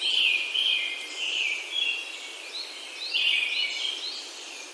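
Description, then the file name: Brown-headed thrush singing two whistled phrases, the second beginning after about three seconds. "akahara"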